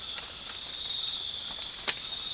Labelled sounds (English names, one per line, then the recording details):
none
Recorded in pastures near Puerto Asís, Putumayo, Colombia, on 8 March 2025 at 00:00
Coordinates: 0.502, -76.324
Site GP07